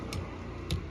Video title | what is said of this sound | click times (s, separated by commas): Converted Brezza Wiper into Framelss BOSCH Cost!!! - #rishabhsharmacars | देखो ये जाके लॉक हो गया उधर। अब देखो ये हिल नहीं रहा। | 0.7 s